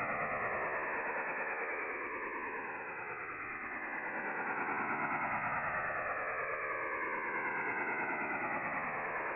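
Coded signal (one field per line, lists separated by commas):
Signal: HF data modem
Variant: STANAG 4285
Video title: French Navy STANAG 4285 Signal Decoding 8646 KHz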